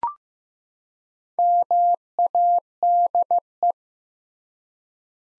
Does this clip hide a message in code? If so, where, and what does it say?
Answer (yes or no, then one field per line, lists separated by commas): yes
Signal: Morse code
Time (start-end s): 1.4-3.7 s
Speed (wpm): 15 wpm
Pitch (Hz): 700 Hz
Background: none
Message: MADE